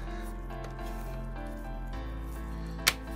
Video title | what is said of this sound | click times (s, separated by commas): MSI GP65 Disassembly and Upgrade (SSD, HDD, Ram) | bring it together and it should just have a satisfying click like that | 2.9 s